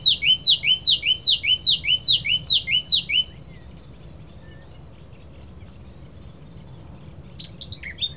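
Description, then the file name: Eurasian blackcap song: a run of many repeated high chirped notes in even rhythm, a quiet gap, then a brief scratchy phrase. "Sylvia atricapilla"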